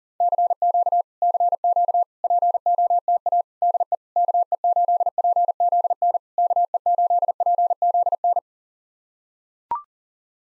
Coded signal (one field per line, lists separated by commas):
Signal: Morse code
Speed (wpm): 40 wpm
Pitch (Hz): 700 Hz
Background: none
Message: CQ CQ POTA DE KE8PZN KE8PZN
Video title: POTA QSO Practice - 40wpm